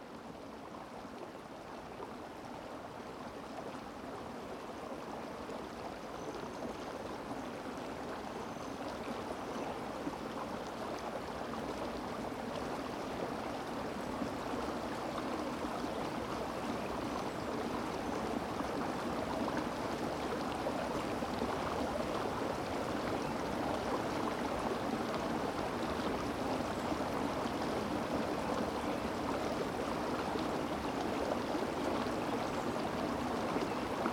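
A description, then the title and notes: A mountain brook runs steadily beside the bank, a dense, continuous rush of water centered in the low-middle range with a brighter hiss above. The flow stays constant throughout, growing slightly louder toward the end, with no distinct events standing out. Rocky Mountain NP - Beaver Brook. On the banks of Beaver Book, in Rocky Mountain National Park. This is an ambisonic recording transcoded to stereo.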